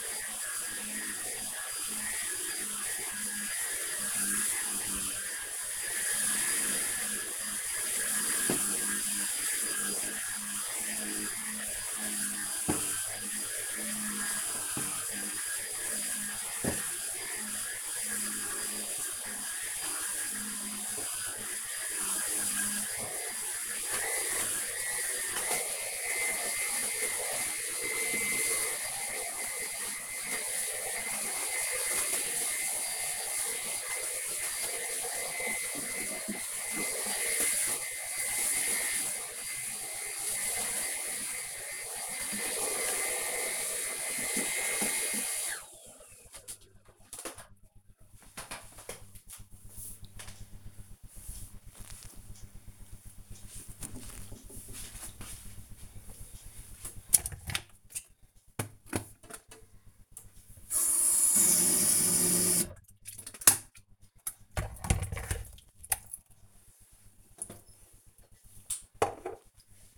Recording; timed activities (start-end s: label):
household activities, microphone on the right wrist
0.00-45.69 s: vacuum cleaning
56.76-69.98 s: making tea